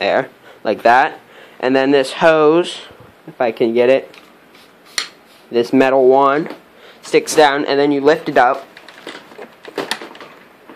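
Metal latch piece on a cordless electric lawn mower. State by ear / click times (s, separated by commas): seated / 9.9 s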